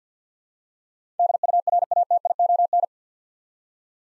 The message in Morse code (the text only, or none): DURATION